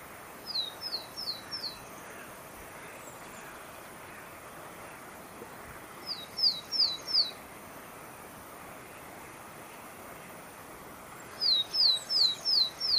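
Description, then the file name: Willow tit repeating bursts of four to five high, clear, downslurred whistles, about every five seconds, against soft steady background noise. Recorded at Mittelneufnach on 17 March 2013. "17 03 2013 Weidenmeise Mittelneufnach"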